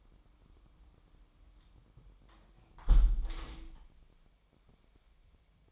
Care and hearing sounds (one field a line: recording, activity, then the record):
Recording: daily activity, microphone in the room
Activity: close window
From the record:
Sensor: 1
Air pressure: 1006.4 hPa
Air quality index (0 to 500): 208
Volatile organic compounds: 24 ppm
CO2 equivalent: 2798 ppm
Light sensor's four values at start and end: 12/31/12/14 and 11/30/11/13